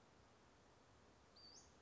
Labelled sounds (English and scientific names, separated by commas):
Western Flycatcher (Empidonax difficilis)